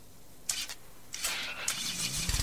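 A car engine cranks in a couple of short hissy bursts, then catches and turns over into a rising, rumbling run that grows louder toward the end. No one speaks.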